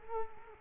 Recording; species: mosquito wingbeat signal from an infrared sensor; Culex quinquefasciatus